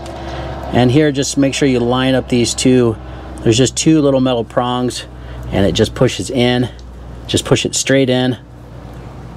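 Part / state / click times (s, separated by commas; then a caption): brake pad wear sensor plug into harness connector / not seated / none. On a 2019–2023 Mercedes-Benz Sprinter 2500 passenger van with the 3.0L VS30, during a rear brake pad and rotor replacement, the brake pad wear sensor plug is lined up on its two little metal prongs and pushed straight into its harness connector. Someone talks throughout over a steady low hum. The plug has not seated or clicked yet.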